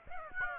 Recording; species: mosquito wingbeat signal from an infrared sensor; Aedes aegypti